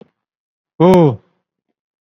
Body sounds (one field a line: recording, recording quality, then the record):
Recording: sustained vowel as in boot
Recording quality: excellent, no background noise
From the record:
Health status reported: COVID-19 positive, mild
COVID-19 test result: positive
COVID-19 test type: RT-PCR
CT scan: not taken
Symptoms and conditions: cough, muscle pain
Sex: male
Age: 52 years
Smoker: no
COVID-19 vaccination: none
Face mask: worn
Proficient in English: no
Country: India